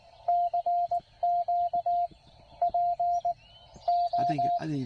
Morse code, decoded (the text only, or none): CQ PO